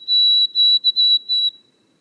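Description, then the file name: White-throated sparrow song ending: a high, clear whistle broken into about five even notes that fade out, over a quiet background. Boreal forest of Haute-Côte-Nord, 29 May 2018. "bruant-a-gorge-blanche-foret-boreale-de-la-haute-cote-nord-29-mai-2018"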